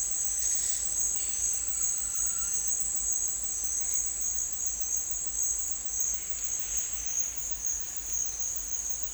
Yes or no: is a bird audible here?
no